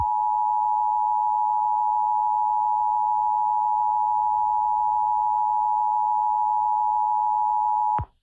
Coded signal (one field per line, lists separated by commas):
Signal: Emergency Alert System (SAME) tones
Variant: 853 and 960 Hz attention tone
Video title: EAS Mock #5 - Pollen Avisory (Fake EAS Video)